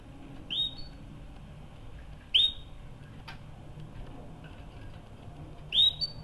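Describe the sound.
Canary chirps: three bright rising whistled notes spread throughout, with a soft tick between them and low background hum.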